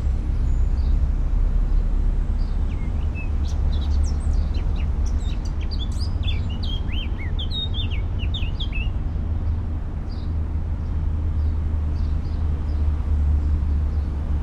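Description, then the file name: Eurasian blackcap song: a burst of quick, varied high chirps and slurred notes running for several seconds, then sparse faint notes, over a constant deep rumbling background noise. "Sylvia atricapilla"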